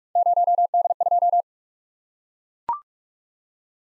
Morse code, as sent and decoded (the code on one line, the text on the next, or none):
----- -.. ..---
0D2